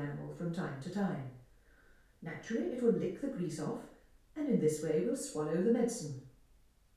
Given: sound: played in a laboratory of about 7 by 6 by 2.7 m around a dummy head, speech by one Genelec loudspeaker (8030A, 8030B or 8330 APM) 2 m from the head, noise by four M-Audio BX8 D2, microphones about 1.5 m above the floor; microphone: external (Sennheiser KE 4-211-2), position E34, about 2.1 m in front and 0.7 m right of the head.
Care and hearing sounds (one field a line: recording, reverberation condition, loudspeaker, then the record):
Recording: female speech in English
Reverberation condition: medium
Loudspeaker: 60 degrees to the left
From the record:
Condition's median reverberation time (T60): about 510 ms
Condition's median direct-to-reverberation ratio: about -0.5 dB